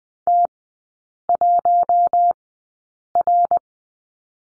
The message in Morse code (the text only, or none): T1R